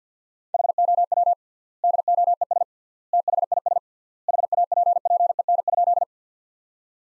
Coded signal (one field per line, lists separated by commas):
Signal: Morse code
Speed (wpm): 50 wpm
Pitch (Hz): 700 Hz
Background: none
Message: HOW DOES THIS HAPPEN?